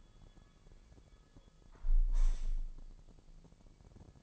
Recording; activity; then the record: daily activity, microphone in the room; close window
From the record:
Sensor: 5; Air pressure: 1000.0 hPa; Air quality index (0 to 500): 247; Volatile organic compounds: 34 ppm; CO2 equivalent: 3037 ppm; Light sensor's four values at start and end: 34/80/32/31 and 34/80/32/30